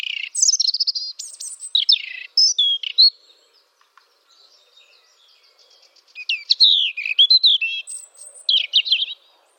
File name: Erithacus rubecula